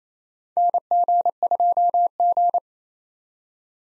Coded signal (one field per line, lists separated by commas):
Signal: Morse code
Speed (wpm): 27 wpm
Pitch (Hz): 700 Hz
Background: none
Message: NG2G